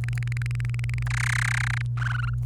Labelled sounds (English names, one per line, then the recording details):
Domestic Canary song
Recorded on 28 April 2018 at 11:21
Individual llb3